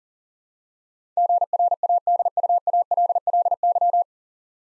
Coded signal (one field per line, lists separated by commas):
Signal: Morse code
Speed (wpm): 40 wpm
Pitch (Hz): 700 Hz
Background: none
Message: GRADUALLY